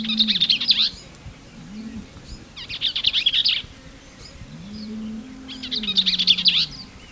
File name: Bell's vireo